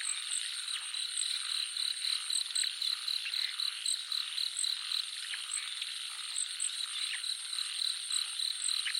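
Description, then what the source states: Frogs and insects calling together, with a steady high ringing tone and quick clicks and pips repeated several times a second, a dense unbroken chorus. Jungle nature soundscape with frogs and crickets.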